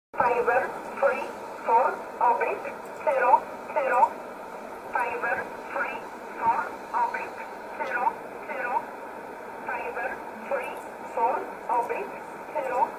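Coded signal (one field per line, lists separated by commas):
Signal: numbers station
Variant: E11 Oblique, English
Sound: a voice reading short, evenly spaced words over a narrow, radio-filtered channel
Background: radio static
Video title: 01 06 2020 E11 Oblique Numbers station in English 0901 on 7449 unknown tx site in USB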